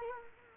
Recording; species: mosquito wingbeat signal from an infrared sensor; Culex quinquefasciatus